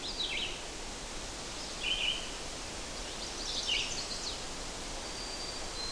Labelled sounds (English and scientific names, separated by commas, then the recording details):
Red-eyed Vireo (Vireo olivaceus) song
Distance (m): 30 m
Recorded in boreal forest in Alberta, Canada, on 8 June 2016 at 05:30
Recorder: SongMeter 3, array SBT-3-9
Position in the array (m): 18 m, 102 m